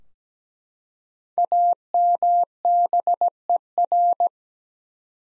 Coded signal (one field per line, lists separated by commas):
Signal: Morse code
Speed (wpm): 17 wpm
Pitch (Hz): 700 Hz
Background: none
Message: AMBER